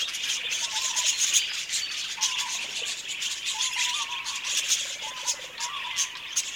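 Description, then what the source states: Budgerigar flock, relentless high scratchy twittering with repeated lower wavering warble notes. Several budgies.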